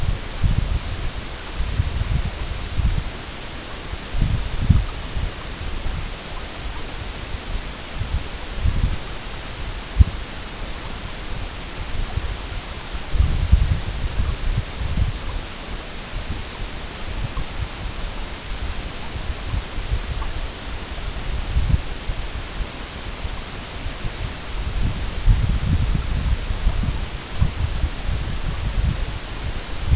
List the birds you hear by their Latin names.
none